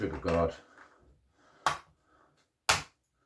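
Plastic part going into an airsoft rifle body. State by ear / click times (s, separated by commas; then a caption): seated / 2.7 s. Someone talks, then a plastic part is pressed into the body of an Ares Amoeba Striker airsoft sniper rifle during reassembly. A first sharp click comes at 1.7 s, and the part seats with a louder snap at 2.7 s, snapping into place.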